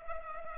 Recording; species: mosquito wingbeat signal from an infrared sensor; Culex pipiens